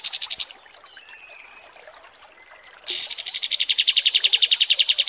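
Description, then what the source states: Kapas tembak bird song: a short high trill ends, a quiet gap with faint notes follows, then a long, loud, buzzy trill of rapid repeated notes. Masteran (tutor song) for training cage birds, described as mewah (luxurious).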